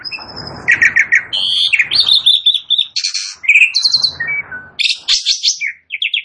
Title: Belum Satu Menit Jalak Suren Langsung Bunyi